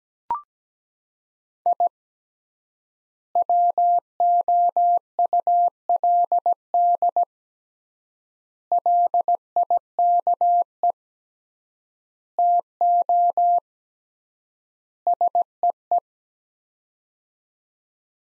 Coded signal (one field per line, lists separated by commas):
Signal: Morse code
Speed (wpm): 17 wpm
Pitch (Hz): 700 Hz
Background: none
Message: I WOULD LIKE TO SEE